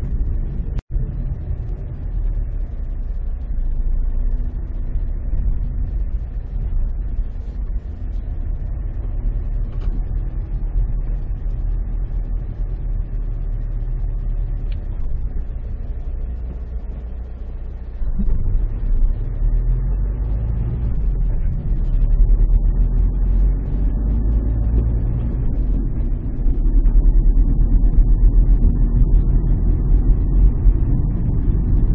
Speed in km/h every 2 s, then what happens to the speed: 11, 8, 7, 8, 10, 10, 10, 6, 4, 10, 17, 26, 28, 30, 33, 33.
0-11 steady at about 8. 11-16 slows to 4. 16-32 speeds up to 33.